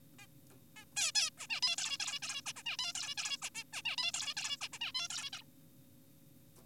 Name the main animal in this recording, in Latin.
Taeniopygia guttata